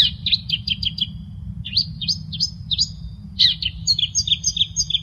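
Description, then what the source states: Long-tailed shrike song of rapid, varied chirps and whistled notes in three quick runs. Recording made for training cage birds (masteran); Indonesian local name cendet.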